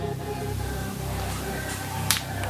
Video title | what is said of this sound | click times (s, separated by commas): How To Administer And Prep Your Puppies Vaccination 💉Shots. | Once you hear that click, it's open. | 2.1 s